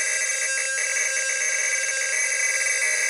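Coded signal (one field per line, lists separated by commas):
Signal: computer data on cassette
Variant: Prophet-5 patch data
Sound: harsh continuous warbling data tones, like a modem screech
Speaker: if you were to listen to this file through your audio player it would sound like a 1980s dial-up modem and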